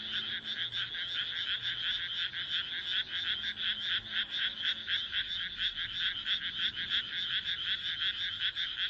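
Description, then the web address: Frogs calling together, fast grating pulses repeated more than once a second. "kaeru kaeru"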